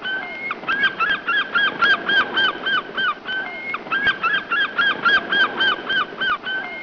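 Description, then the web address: Gull calling in a rapid, regular series of short nasal yelping notes, over a steady rushing background wash. "wave gulls"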